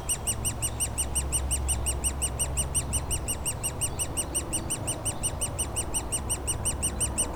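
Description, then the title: Woodpecker chicks begging with many fast, insistent high chirps against a constant low engine drone. Woodpecker nestlings calling continuously from their cavity at the foot of a dead tree trunk, Bois Saint-Martin near Lognes aerodrome, Noisy-le-Grand, France, as planes fly over; recorded with a DR-40X. "Bois Saint-Martin RH9V+J6 Noisy-le-Grand, France - Oisillons et gros "volatiles" bruyants"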